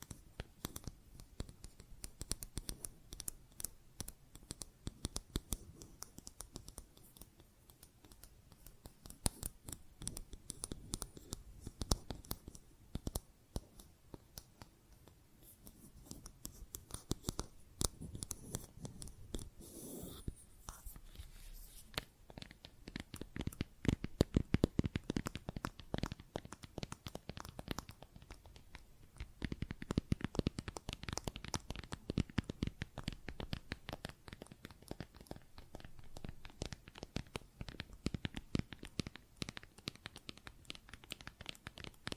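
Plastic objects tap and scratch in dense, uneven bursts of sharp clicks and rasping scrapes, louder around 20–25 seconds and near 30.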